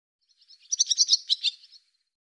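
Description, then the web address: Barn swallow chatter: one short burst of rapid, squeaky twittering notes lasting about a second, with silence around it. "Deverinetal 2025 Bird Hi Ru Hi Ru"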